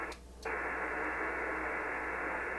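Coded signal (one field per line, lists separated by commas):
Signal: HF data modem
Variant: PACTOR-III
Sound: brief quiet gap, then steady wideband hissing data roar filling the audio band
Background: radio static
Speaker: how robust the Packour protocol is that even with all that static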